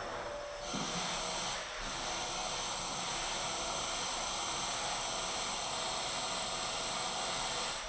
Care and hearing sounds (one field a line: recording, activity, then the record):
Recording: daily activity, microphone in the room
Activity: vacuum cleaning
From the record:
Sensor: 5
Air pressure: 994.5 hPa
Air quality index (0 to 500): 173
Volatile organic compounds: 667 ppm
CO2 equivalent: 5010 ppm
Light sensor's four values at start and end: 9/21/8/9 and 9/21/8/9